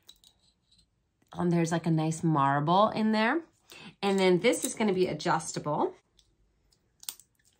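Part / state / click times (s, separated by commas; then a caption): watch bracelet clasp closing on its bracelet / seated / 7.0 s, 7.1 s. Someone talks, then closes the adjustable clasp of a Nine West women's rubberized lavender metal bracelet watch, with rose gold and a marble look, around her wrist. The clasp snaps shut and locks in place with a sharp double click at 7.0 and 7.1 seconds.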